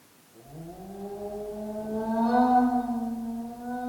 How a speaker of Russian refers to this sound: Вы слышите, Холмс? Это собака.